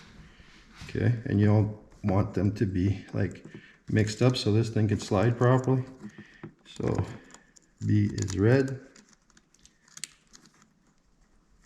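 During a hood light install on a 2026 Can-Am HD11 Defender, the red power wire's pin terminal is pushed into position B of a plastic connector housing while someone talks. After the talking stops, several small clicks sound between about 9.4 and 10.5 seconds, the sharpest at 10.0 seconds, when the terminal seats in the connector.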